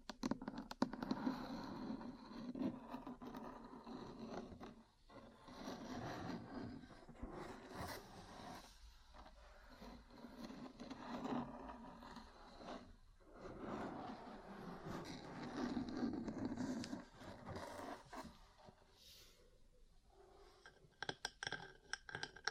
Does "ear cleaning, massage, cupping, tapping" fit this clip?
yes